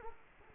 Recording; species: mosquito wingbeat signal from an infrared sensor; Culex quinquefasciatus